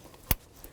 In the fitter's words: make sure you hear a click give them a nice tug the last thing you want is one of these things falling off